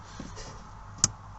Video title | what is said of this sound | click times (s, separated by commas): KIa & Hyundai Diesel Fuel Filter Head Replacement and Repaired Fuel Line Fitment | clicks on so that's it on so that's | 1.0 s